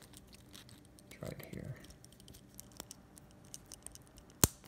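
A spring pin on the metal bracelet clasp of a Cadisen C8210 automatic watch is moved into a new quick-adjust hole while someone talks briefly over faint small ticks. A sharp metallic snap at 4.4 s marks the pin clicking into place, and it is seated.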